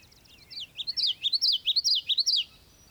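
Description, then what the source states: Bird song of rapid high chirps, a soft twittering start building into about a dozen loud zigzagging notes in quick succession, then stopping abruptly. European marsh.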